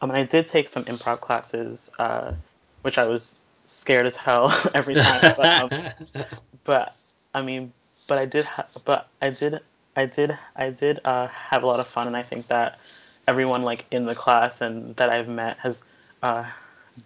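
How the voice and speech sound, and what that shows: Conversational speech from an adult woman who stutters, with repeated phrase restarts, stretched sounds and frequent pauses; she has stuttered since age 3.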